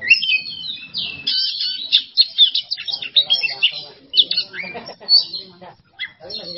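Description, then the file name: Oriental magpie-robin singing a continuous, busy medley of high whistles, buzzy trills and chattering notes. Masteran training recording for songbirds; song style named bongkar isian emosi. "Masteran Kacer Bongkar Isian Emosi"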